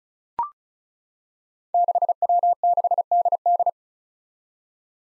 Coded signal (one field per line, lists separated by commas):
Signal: Morse code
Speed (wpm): 36 wpm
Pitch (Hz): 700 Hz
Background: none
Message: 6W6DD